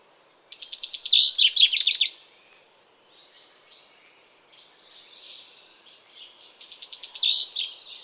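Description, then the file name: Common chaffinch song: a bright, fast trill ending in a flourish, heard twice, with soft high twittering between the two phrases. "Fringilla coelebs"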